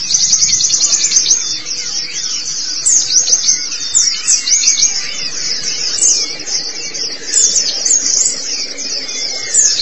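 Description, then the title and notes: White-eye song, steady high twittering with quick, wavering chirps strung together for the whole stretch. Long-duration recording of the chirping song. "Kicauan Burung Pleci Durasi Panjang. Suara kicauan burung pleci"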